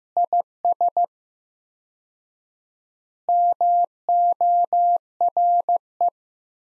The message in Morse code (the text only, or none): IS MORE